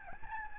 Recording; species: mosquito wingbeat signal from an infrared sensor; Aedes albopictus